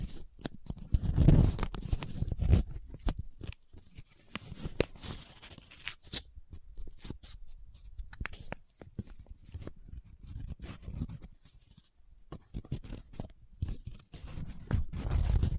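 Paper is handled close up, with irregular crinkling, rubbing and scratching in short bursts and sharp crackles throughout. Heavier low rustling swells near the start and again at the end, with quieter, sparser crackles through the middle.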